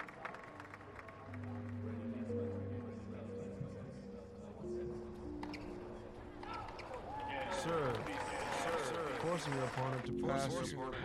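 Crowd ambience at a tennis championship, a dense murmur of many voices with a man speaking near the start. From about six seconds the chatter grows louder and brighter, with several voices overlapping and rising, while a low steady hum runs underneath throughout.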